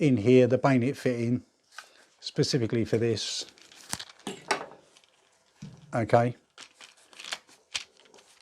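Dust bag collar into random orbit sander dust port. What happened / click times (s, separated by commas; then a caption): Handled, not yet seated: the dust bag collar is not yet clicked onto the sander port / none. Someone talks while handling the fabric dust bag of a DeWalt DWE6423 random orbit sander, with its plastic spring-loaded collar being lined up with the sander's dust outlet port. Fabric crinkles and sharp taps of handling come between the speech, around 3.9–4.5 s and 7.2–7.8 s. Nothing has seated or clicked yet.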